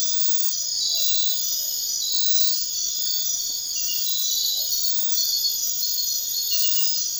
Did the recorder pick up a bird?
no